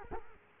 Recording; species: mosquito wingbeat signal from an infrared sensor; Culex quinquefasciatus